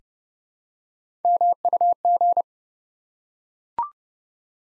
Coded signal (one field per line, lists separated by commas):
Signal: Morse code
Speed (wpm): 30 wpm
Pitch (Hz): 700 Hz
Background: none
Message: MUG